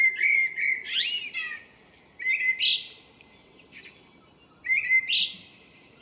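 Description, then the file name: Common blackbird delivering three short phrases, each a low whistled start rising into a sharp, high squeaky flourish, about two seconds apart. "Turdus merula"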